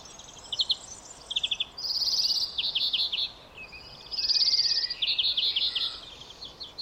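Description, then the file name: European greenfinch giving short rapid trills and twittering notes, several bursts in a row, with a soft steady background hiss. "Chloris chloris"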